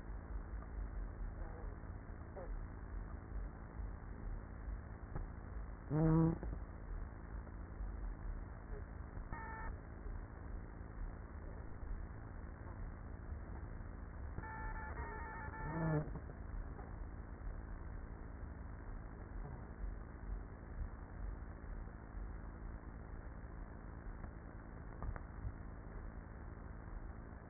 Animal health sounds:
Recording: honeybee colony, microphone inside the hive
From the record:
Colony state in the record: queenless with a low population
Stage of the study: after two queens were removed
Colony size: about 30,000 bees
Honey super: no

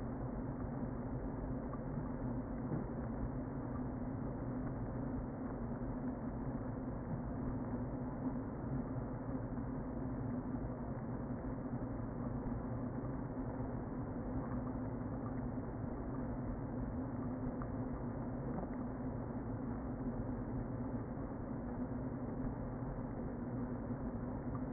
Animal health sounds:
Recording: honeybee colony, microphone inside the hive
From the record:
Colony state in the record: queen present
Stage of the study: before two queens were removed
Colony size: about 60,000 bees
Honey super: yes

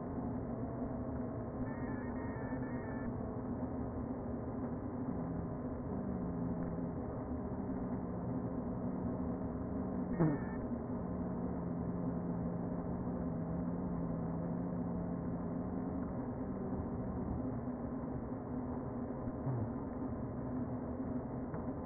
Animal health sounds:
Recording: honeybee colony, microphone inside the hive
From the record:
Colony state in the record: queen present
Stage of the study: before two queens were removed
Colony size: about 60,000 bees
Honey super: yes

